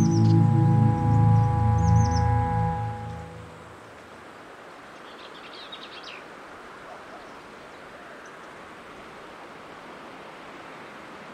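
At Patagonia Lake State Park, a low, droning motor hum with steady pitched tones fills the first three seconds, then fades away. After that a quiet, even hiss remains, with faint, brief bird chirps around two seconds and again near five to six seconds.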